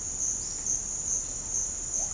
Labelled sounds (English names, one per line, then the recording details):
none
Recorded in pastures near Puerto Asís, Putumayo, Colombia, on 26 December 2024 at 07:00
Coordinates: 0.496, -76.326
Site G004